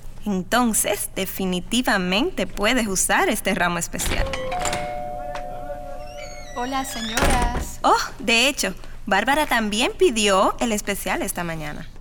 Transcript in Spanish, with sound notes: Entonces, definitivamente puedes usar este ramo especial.
(Se abre la puerta) Hola señoras.
Oh, de hecho, Bárbara también pidió el especial esta mañana.